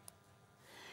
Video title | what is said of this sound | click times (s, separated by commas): JewelleryMaker LIVE 17/04/22 | you get this little click because they're sore cut | 0.1 s